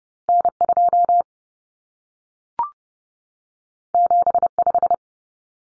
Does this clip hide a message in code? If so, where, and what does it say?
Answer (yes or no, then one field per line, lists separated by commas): yes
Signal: Morse code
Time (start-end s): 0.3-4.9 s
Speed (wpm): 30 wpm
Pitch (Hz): 700 Hz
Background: none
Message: N2 75